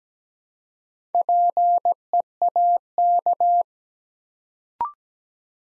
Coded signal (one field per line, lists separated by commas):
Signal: Morse code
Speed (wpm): 17 wpm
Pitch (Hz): 700 Hz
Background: none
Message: PEAK